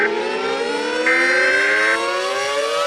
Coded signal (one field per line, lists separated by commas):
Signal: Emergency Alert System (SAME) tones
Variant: header bursts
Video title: EAS Scenario: Numberblocks: Part I￼